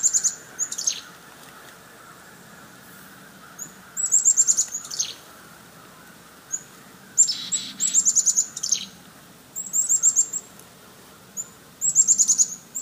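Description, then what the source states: Chickadees calling: sharp high chips and short, buzzy runs in bursts, with quiet gaps between. Chickadees mobbing.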